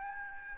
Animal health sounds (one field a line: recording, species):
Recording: mosquito wingbeat signal from an infrared sensor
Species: Aedes albopictus